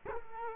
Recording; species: mosquito wingbeat signal from an infrared sensor; Culex quinquefasciatus